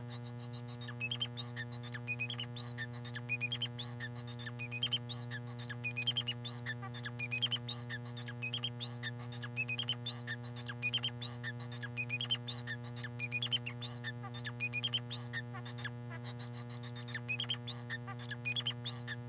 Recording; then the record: song of a male Bengalese finch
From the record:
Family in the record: son of father 4